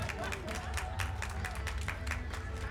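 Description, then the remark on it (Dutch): An audience applauds after being urged on by a performer, with steady, overlapping claps that form a dense, even patter from start to finish, with a low rumble of murmuring voices underneath. “Klap. klappen, jongens, kom op.”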